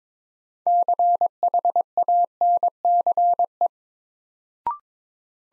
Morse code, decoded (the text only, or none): CHANCE